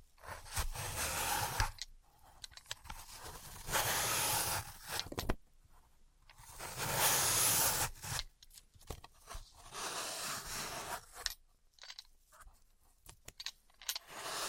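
Floral foam being tapped, cut and crushed, with dry crumbly crunching that swells into three long, hissy bursts around 4, 7 and 10 seconds. Between them come sparse clicks, scrapes and brittle little taps, with short quiet gaps.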